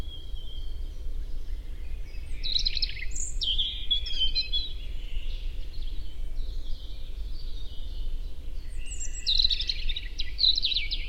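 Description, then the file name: European robin singing high, sweet twittering phrases with quick trills, two main bursts separated by a pause, against constant low rumbling background noise. "Erithacus rubecula"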